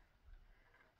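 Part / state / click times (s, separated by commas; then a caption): clock hand onto clock movement spindle / not seated / none. A clock hand is being handled and pushed down onto the spindle of a clock movement, meant to go on until it clicks so it won't move. Only quiet, low handling rustle is heard, with a faint rise at the very end. Nothing has seated or clicked yet.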